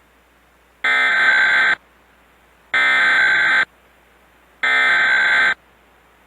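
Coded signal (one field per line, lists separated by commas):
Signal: Emergency Alert System (SAME) tones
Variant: header bursts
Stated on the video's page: Valid tones from Texas Required Monthly Test captured on a Scientific Atlanta cable box in Austin, with distorted audio and added airy background noise effect in a mockup.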